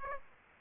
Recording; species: mosquito wingbeat signal from an infrared sensor; Aedes aegypti